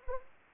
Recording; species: mosquito wingbeat signal from an infrared sensor; Anopheles arabiensis